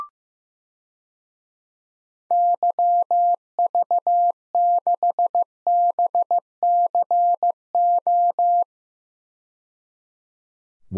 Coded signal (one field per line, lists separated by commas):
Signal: Morse code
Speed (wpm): 15 wpm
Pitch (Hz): 700 Hz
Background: none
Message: YV6BCO